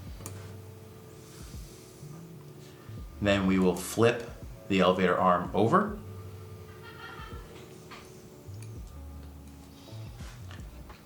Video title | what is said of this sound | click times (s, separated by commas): Eagle Eye Fiber Optic Sight Set For Ruger Mark Series - Installation | Press it down until it snaps in. Just like that. | 0.3 s